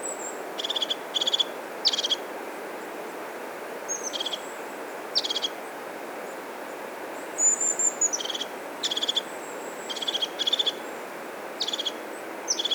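Bird song: rapid stuttering pulsed notes in short bursts, repeated irregularly every second or two, with occasional thin high whistles, over constant hiss.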